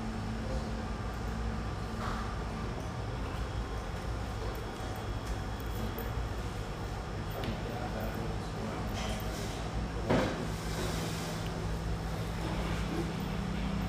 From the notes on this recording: the pleasant hum in this lovely espresso house near the Vancouver riverfront